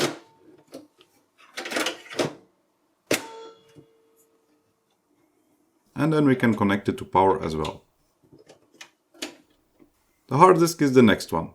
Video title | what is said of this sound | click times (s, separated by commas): Dell Optiplex 390 - Teardown, Upgrade and Benchmarks | When inserting it, it just clicks in place and | 3.1 s